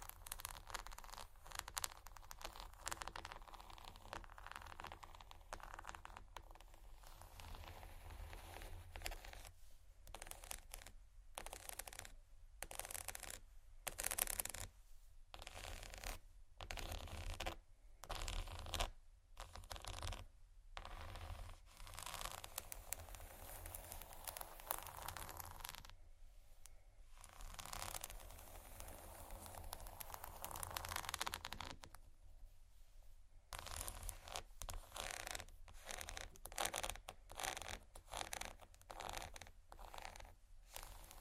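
Soft crinkling and scratching on plastic, with light tapping textures running throughout. The sound is dense and restless, broken by frequent short silent gaps, especially between ten and fifteen seconds and again near twenty-six and thirty-three seconds. A low steady hum sits underneath.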